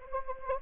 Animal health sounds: mosquito wingbeat signal from an infrared sensor; Anopheles gambiae

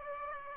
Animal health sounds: mosquito wingbeat signal from an infrared sensor; Aedes aegypti

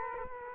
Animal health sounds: mosquito wingbeat signal from an infrared sensor; Culex quinquefasciatus

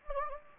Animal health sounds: mosquito wingbeat signal from an infrared sensor; Anopheles gambiae

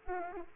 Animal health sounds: mosquito wingbeat signal from an infrared sensor; Aedes aegypti

